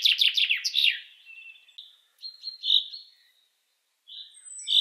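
Common chaffinch giving one quick descending trilled phrase, followed by softer scattered chirps and tonal notes.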